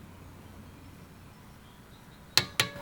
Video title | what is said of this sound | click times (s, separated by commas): My Car Just Broke and I’m Pissed | you heard the click there's one | 2.4 s, 2.6 s